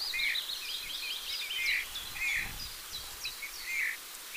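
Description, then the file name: Eurasian bullfinch uttering soft, slightly descending piped whistles at irregular intervals, with faint high twitters from other birds and a brief low rumble. "Pyrrhula pyrrhula"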